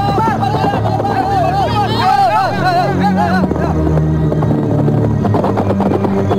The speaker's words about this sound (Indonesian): Dari arah kejauhan, terdengar derak kuda dan teriakan-teriakan serombongan prajurit Karang Sedana.